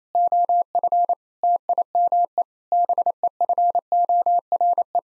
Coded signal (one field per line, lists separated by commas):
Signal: Morse code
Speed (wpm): 27 wpm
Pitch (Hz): 700 Hz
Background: none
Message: OF TIME BEFORE